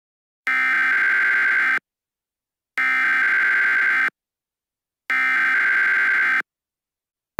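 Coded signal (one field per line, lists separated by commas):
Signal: Emergency Alert System (SAME) tones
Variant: header bursts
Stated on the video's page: Simulated alert scenario recreating the Hawaii ballistic missile false alarm.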